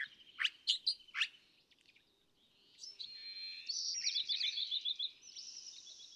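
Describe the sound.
California thrasher: songbird singing varied phrases, loud sharp notes then buzzy trills and whistles, over a low steady rumble of background noise.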